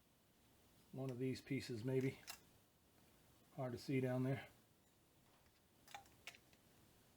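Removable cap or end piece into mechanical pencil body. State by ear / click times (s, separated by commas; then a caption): not seated / none. Someone talks while handling a removable cap or end piece of a mechanical scribe pencil, working it back toward the pencil body, where it appears to be held by a small internal plastic tab rather than a button. Faint sharp ticks of handling are heard near 6.0 s and 6.3 s. The piece has not yet seated or clicked into the body.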